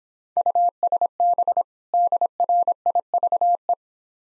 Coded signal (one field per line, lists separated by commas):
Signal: Morse code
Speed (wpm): 26 wpm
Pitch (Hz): 700 Hz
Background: none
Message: USB DRIVE